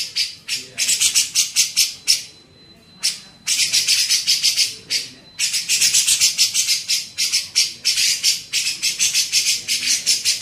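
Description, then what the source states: Grey-cheeked bulbul making harsh, rasping pulse series in irregular runs, a thin high tone faintly heard in the pauses. Cucak jenggot, masteran training recording for teaching songbirds.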